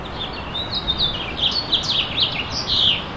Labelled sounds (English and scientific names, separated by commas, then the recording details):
House Finch (Haemorhous mexicanus) song
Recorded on Long Island, New York, on 25 May 2011
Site KG
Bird A